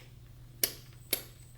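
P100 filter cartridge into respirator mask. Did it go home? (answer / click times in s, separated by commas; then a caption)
yes / 0.6 s, 1.1 s. A P100 filter cartridge is pushed into its plastic mount on a half-face respirator mask. Two sharp, loud clicks ring out at 0.6 s and 1.1 s over a low steady hum. The cartridge is seated and the mask is ready to use.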